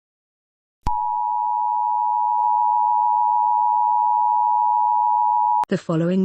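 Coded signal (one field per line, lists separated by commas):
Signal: Emergency Alert System (SAME) tones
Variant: 853 and 960 Hz attention tone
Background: speech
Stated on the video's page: Fictional zombie apocalypse EAS scenario.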